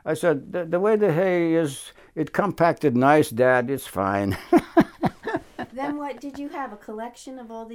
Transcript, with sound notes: I said, "The way the hay is, it compacted nice, Dad. It's fine." [Laughs]
Then what? Did you have a collection of all these eggs?